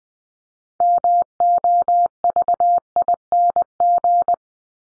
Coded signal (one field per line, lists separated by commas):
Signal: Morse code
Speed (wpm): 20 wpm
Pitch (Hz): 700 Hz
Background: none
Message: MOVING